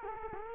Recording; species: mosquito wingbeat signal from an infrared sensor; Culex quinquefasciatus